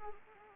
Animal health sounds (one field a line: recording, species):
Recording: mosquito wingbeat signal from an infrared sensor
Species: Anopheles arabiensis